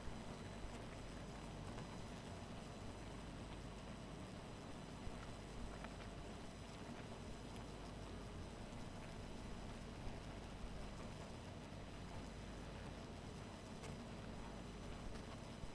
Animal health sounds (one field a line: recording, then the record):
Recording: honeybee colony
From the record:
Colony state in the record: missing queen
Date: 14 July 2017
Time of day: 2:31